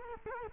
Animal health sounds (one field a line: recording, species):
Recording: mosquito wingbeat signal from an infrared sensor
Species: Culex quinquefasciatus